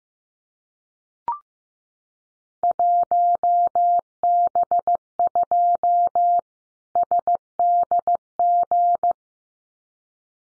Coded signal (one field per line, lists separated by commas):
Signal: Morse code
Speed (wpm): 15 wpm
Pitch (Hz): 700 Hz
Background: none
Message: 1B2 SDG